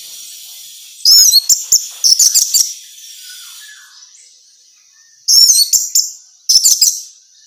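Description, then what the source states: Orange-headed thrush uttering short bursts of high, scratchy chirping notes, with a steady faint high hiss in the background. Female bird.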